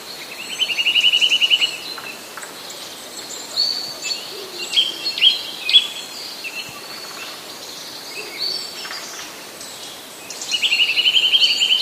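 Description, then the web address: Eurasian nuthatch giving fast piping trills, one near the start and another at the end, with scattered thin bird calls and soft chirps in the gap. Autumn trills. "kowalik kowalikjesiennetryle"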